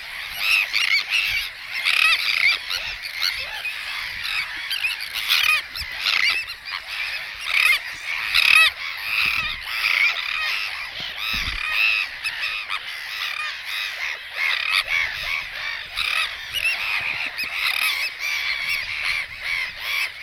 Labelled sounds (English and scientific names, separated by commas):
Sandwich Tern (Thalasseus sandvicensis) call